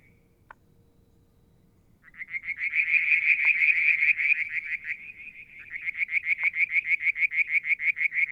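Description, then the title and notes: Frogs: a chorus of rapid pulsed notes starting after a quiet two seconds, loud and dense, then settling into evenly spaced pulses; a few faint clicks. Striped marsh frog, Verreaux's tree frog and an unidentified frog, one evening near a water tank at Mount Wilson, New South Wales, Australia, July 2022. "Frog song, Mount Wilson, New South Wales, Australia in July 2022 – by Alexander Moffatt. Limnodynastes Peronii, Litoria Verreauxii and a mystery frog one evening near the water tank"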